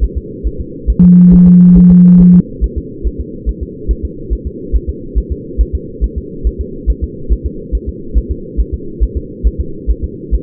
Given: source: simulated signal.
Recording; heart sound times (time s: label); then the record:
fetal heart sounds
0.04 s: S1
0.17 s: S2
0.47 s: S1
0.60 s: S2
0.90 s: S1
1.04 s: S2
1.34 s: S1
1.48 s: S2
1.78 s: S1
1.91 s: S2
2.21 s: S1
2.35 s: S2
2.64 s: S1
2.78 s: S2
3.07 s: S1
3.20 s: S2
3.49 s: S1
3.63 s: S2
3.91 s: S1
4.05 s: S2
4.33 s: S1
4.47 s: S2
4.76 s: S1
4.89 s: S2
5.18 s: S1
5.32 s: S2
5.61 s: S1
5.75 s: S2
6.04 s: S1
6.18 s: S2
6.47 s: S1
6.61 s: S2
6.90 s: S1
7.04 s: S2
7.32 s: S1
7.46 s: S2
7.75 s: S1
7.89 s: S2
8.18 s: S1
8.31 s: S2
8.60 s: S1
8.74 s: S2
9.03 s: S1
9.17 s: S2
9.47 s: S1
9.61 s: S2
9.90 s: S1
10.04 s: S2
10.34 s: S1
From the record:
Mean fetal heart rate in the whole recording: 140 bpm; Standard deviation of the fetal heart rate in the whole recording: 2 bpm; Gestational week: 34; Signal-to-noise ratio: -4.3 dB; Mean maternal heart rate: 72 bpm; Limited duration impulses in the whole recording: present